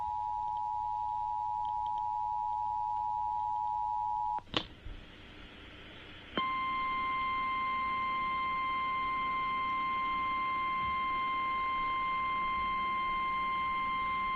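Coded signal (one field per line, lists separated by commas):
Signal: Emergency Alert System (SAME) tones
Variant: 853 and 960 Hz attention tone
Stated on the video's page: Alerts relayed by digital TV stations, including unexpected relays of watches.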